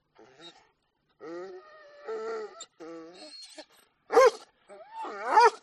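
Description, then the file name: Dog whining in drawn-out wavering notes, ending in two louder, sharper yelps. "audio hero Dog"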